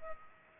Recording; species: mosquito wingbeat signal from an infrared sensor; Culex pipiens